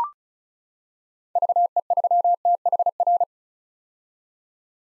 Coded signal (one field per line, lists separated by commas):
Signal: Morse code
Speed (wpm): 36 wpm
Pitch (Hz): 700 Hz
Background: none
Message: VE3THR